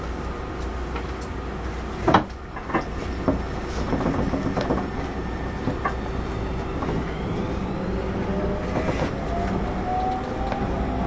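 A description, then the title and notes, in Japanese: Tobu 30000 series train interior: a steady low rumble with clacks and thuds near two and three seconds, and faint rising whine tones later. 東武30000系 渋谷〜あざみ野。車体20m両開き4ドア。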